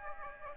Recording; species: mosquito wingbeat signal from an infrared sensor; Aedes aegypti